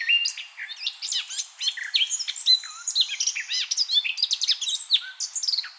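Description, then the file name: Eurasian blackcap song of rapid twittering notes and looping whistled phrases, steady and unbroken throughout. "Sylvia atricapilla"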